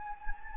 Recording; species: mosquito wingbeat signal from an infrared sensor; Anopheles gambiae